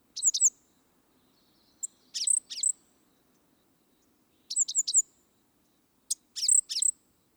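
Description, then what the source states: Five-striped sparrow song, very high, thin, sharp notes in short bursts with pauses between, over a quiet background. Father singing while the mother feeds a fledgling on a fence.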